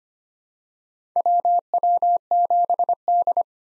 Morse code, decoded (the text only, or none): WW7D